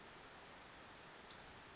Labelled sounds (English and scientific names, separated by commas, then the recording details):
Western Flycatcher (Empidonax difficilis)
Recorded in Sonoma County, California